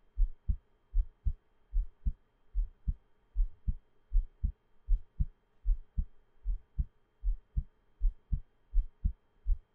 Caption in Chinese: 獻上我的心跳 | Give my Heartbeat | NO Talking。